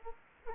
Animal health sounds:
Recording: mosquito wingbeat signal from an infrared sensor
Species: Culex quinquefasciatus

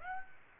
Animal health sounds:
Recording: mosquito wingbeat signal from an infrared sensor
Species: Aedes aegypti

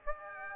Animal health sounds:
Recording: mosquito wingbeat signal from an infrared sensor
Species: Aedes aegypti

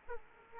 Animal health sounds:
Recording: mosquito wingbeat signal from an infrared sensor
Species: Aedes aegypti

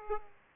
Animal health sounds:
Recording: mosquito wingbeat signal from an infrared sensor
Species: Aedes aegypti

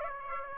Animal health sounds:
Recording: mosquito wingbeat signal from an infrared sensor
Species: Aedes aegypti

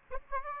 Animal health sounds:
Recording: mosquito wingbeat signal from an infrared sensor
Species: Aedes aegypti

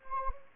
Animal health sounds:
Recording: mosquito wingbeat signal from an infrared sensor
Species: Anopheles gambiae

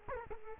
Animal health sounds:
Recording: mosquito wingbeat signal from an infrared sensor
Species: Culex quinquefasciatus

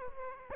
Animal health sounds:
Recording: mosquito wingbeat signal from an infrared sensor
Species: Aedes aegypti

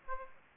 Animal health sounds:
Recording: mosquito wingbeat signal from an infrared sensor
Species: Aedes aegypti

